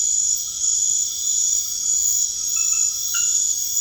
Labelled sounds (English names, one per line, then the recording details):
none
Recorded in pastures near Puerto Asís, Putumayo, Colombia, on 21 March 2025 at 23:30
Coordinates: 0.502, -76.324
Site GP07